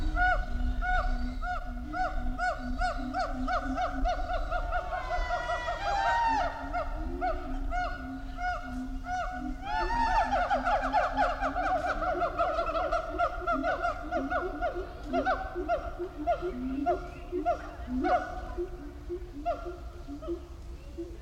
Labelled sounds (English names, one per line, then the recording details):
Siamang
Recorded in captivity
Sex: diverse
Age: diverse
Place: Zoo Berlin, Berlin, DE
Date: 1993-07-17 10:50
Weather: 20-22 °C, heiter-wolkig
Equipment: Marantz CP 430, Sennheiser ME 80, Kopie Uher Variocord 263
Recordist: Tembrock, Günter